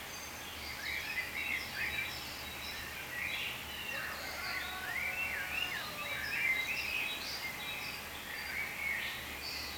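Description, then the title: Birds chirping and whistling together, a mix of short sharp notes and a few drawn-out falling whistles in a steady, busy chorus. "cizici, birds"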